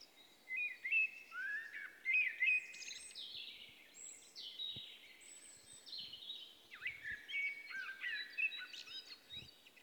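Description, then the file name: Common blackbird song: mellow warbled phrases with squeaky high flourishes, delivered in a continuous, varied stream throughout, with light background noise. "Turdus merula"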